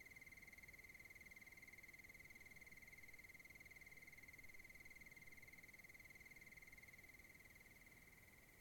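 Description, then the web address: Cricket chirping in a steady high-pitched pulsed trill, continuing without a break over faint low background hiss. Wild crickets recorded in Oregon wilderness. "Discover Oregon - Wilderness Crickets Crickets Sutton Cricket"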